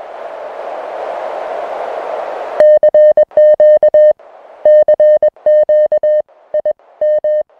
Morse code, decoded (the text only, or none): CQ CQ IM